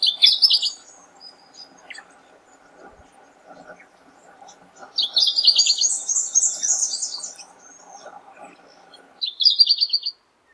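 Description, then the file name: Pink robin giving high, rapid trilled chatters in three bursts, one long run in the middle with a higher buzzy phrase, against a low hum. "Petroica rodinogaster"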